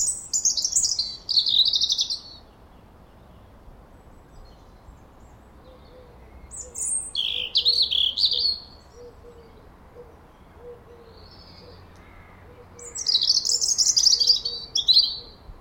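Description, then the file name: European robin song in three short, high phrases of falling, tumbling notes, separated by pauses. "Erithacus rubecula"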